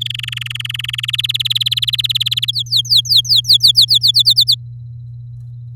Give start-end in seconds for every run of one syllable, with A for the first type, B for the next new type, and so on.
0.01-1.11 A, 1.13-2.51 B, 2.53-3.85 C, 3.88-4.55 D